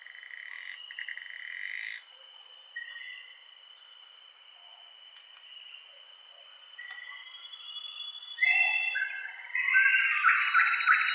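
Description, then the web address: Common paradise kingfisher calls: a short pulsed burst early, scattered notes, then loud harsh repeated calls toward the end, over steady insect noise. Recorded in Indonesia. "ULM-DS-Lab indonesian-bird-sounds. Tanysiptera galatea"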